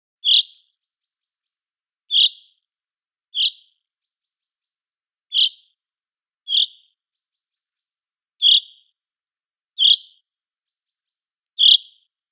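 Common chaffinch calls: short, bright notes given singly at uneven intervals, eight in about twelve seconds, with silence between.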